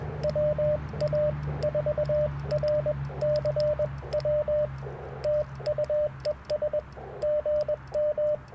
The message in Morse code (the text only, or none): WA4RCW TU ES GM